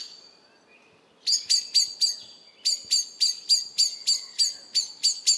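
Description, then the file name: Common blackbird giving a quick series of sharp, high chink notes after a second of near silence, with a short break before the run resumes. "Turdus merula"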